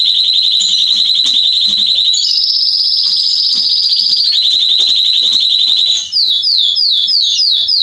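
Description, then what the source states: Belgian canary song: a long, very fast high trill that rises briefly and drops back, then a series of quick down-slurred notes repeated several times per second. Male Belgian canary singing a lot; recording made to warm up and train young canaries.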